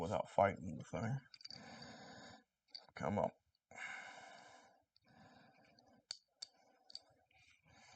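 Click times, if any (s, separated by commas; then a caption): 6.1 s. Someone talks while screwing a tripod plate onto the metal tripod foot of a large Sigma EF 800mm f/5.6 telephoto lens, with small clicks and handling sounds throughout. The plate's secondary locating pin snaps into the lens foot with a sharp click at 6.1 s, seating the plate, followed by a few quieter clicks.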